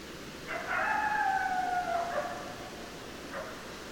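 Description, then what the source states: Coyote howl: a long, even note held about one and a half seconds, followed by a brief fainter call, with hiss behind. Several coyotes, recorded 10 December 2012.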